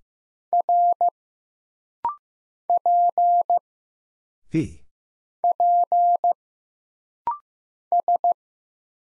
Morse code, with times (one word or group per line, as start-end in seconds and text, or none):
0.5-1.1 R
2.7-3.6 P
5.4-6.3 P
7.9-8.3 S